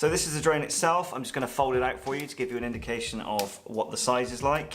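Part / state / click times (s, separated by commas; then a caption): folding arm into drone body hinge / not seated / none. Someone talks while handling a Parrot Anafi drone, about to swing a folding plastic arm out at its hinge on the drone body. The arm has not yet clicked into its open position, and nothing has seated.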